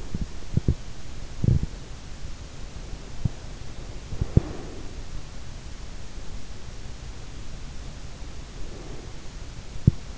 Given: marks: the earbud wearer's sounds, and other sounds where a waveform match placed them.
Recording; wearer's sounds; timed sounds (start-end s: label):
sounds in sleep by an in-ear microphone; teeth grinding, breath
0.00-1.72 s: teeth grinding
3.84-5.09 s: breath
4.04-4.65 s: teeth grinding
8.24-9.21 s: breath
9.78-10.18 s: teeth grinding